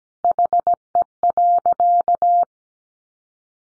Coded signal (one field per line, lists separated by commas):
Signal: Morse code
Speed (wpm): 17 wpm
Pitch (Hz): 700 Hz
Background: none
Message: HE.